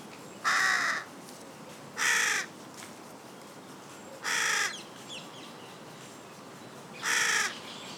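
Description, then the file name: Carrion crow uttering four rough, drawn-out caws spaced irregularly, with quiet gaps between them. "Corvus corone"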